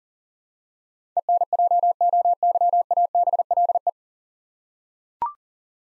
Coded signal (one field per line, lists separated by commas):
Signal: Morse code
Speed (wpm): 39 wpm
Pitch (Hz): 700 Hz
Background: none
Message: ENJOYABLE